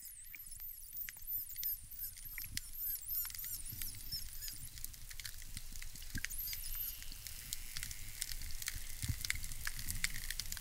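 Dolphin whistles, a run of high repeated arching tones early on, then clicks and crackling with fainter whistles over underwater background noise.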